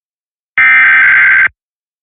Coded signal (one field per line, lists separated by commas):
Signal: Emergency Alert System (SAME) tones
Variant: header bursts